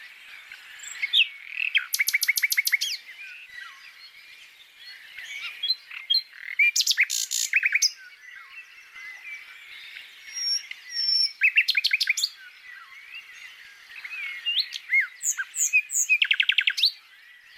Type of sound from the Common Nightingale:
song